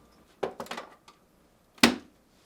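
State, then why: Seated. On a GE refrigerator, during replacement of the freezer evaporator fan motor felt (part WR02X13734), the left side of the freezer evaporator fan assembly is inserted into the plastic retainer on the evaporator cover and pressed. A few plastic knocks and rattles come between 0.4 and 0.9 seconds, with a faint tap near 1.1 seconds. A sharp, loud snap at 1.8 seconds marks the fan assembly seating in the retainer.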